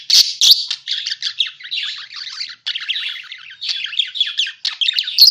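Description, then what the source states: Parakeet chatter: a dense, continuous stream of buzzy warbles and sharp chirps with brief pauses, loudest at the start and end. Lure sound used to attract and catch parakeets.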